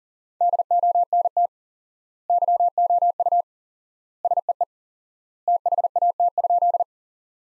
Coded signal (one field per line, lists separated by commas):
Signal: Morse code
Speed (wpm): 40 wpm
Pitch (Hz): 700 Hz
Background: none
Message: DONT YOU SEE THAT?